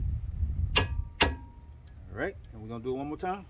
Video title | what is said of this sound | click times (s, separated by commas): Expert Guide: Step-by-Step Hub Bearing Replacement for Nissan Sentra | you're going to just go till you hear the click | 1.2 s